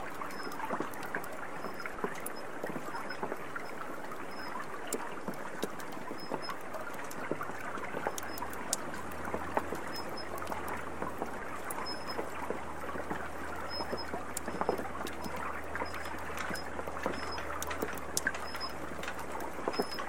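Rain and rushing water from a watermill fill the night with a dense, steady hiss, sprinkled with constant small ticks and pops. Around eight seconds a low, steady hum sets in and continues to the end, while faint high squeaks come and go.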